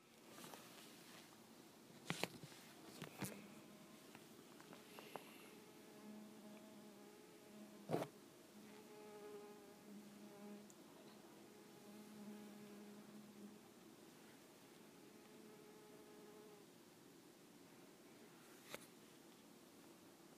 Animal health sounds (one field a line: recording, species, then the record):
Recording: mosquito flight sound by mobile phone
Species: Culiseta incidens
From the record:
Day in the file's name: 3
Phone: iPhone 6